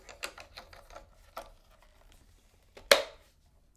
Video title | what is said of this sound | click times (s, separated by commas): American Girl Doll New Releases Haul 2025!!! | so it snaps. | 2.9 s